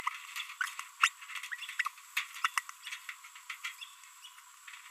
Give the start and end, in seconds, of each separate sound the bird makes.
1.01-1.08, 1.52-1.55, 1.62-1.65, 2.58-2.60